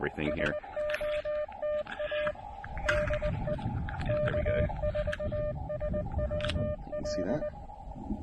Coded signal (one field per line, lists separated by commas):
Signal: Morse code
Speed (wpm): 19 wpm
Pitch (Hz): 590 Hz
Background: speech, radio noise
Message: SOTA DE K4SWL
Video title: SOTA QRP DX with the Tufteln 20 Meter Delta Loop Antenna!